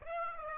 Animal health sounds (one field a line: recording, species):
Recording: mosquito wingbeat signal from an infrared sensor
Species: Aedes aegypti